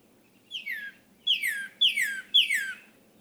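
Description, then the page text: Northern cardinal song: one softer downslurred whistle, then three loud whistles each sliding from high to low, spaced about half a second apart. Male leaving his night roost and beginning his day in the morning, on one of 13 mornings in late April and early May 2018, in a crabapple tree in Hatfield, Massachusetts. "Cardinals awaking—13 mornings to explore! For 13 mornings during late April and early May 2018, I recorded how a male northern cardinal left the night roost and began his day"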